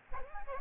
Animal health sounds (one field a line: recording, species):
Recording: mosquito wingbeat signal from an infrared sensor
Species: Aedes aegypti